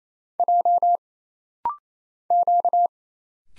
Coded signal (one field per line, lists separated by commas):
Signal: Morse code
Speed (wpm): 28 wpm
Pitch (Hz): 700 Hz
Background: none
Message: J Q